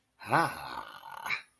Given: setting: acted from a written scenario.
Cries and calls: vocal sound without words; ecstasy

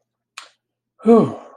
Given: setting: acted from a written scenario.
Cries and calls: vocal sound without words; relief

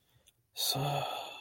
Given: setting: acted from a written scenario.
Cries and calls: vocal sound without words; guilt

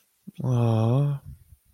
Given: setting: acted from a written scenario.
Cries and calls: vocal sound without words; sympathy

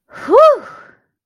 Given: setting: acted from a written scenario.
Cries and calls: vocal sound without words; ecstasy

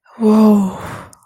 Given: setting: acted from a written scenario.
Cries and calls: vocal sound without words; ecstasy

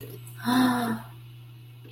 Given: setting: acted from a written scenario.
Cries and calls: vocal sound without words; awe

